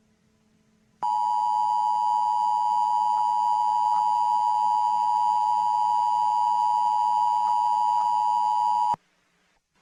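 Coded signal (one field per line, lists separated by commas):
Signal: Emergency Alert System (SAME) tones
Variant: 853 and 960 Hz attention tone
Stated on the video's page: Fictional EAS scenario alert about a Goikan occupation, using TTS voice and a siren sound.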